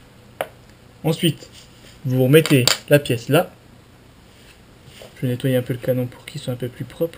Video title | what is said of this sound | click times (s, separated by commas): [Airsoft] Démontage / Upgrade - G26C Advence / WE ! | et ça clipse tout seul et vous pouvez le rentrer, parce que là il y a la bague qui vient appuyer contre. | 0.4 s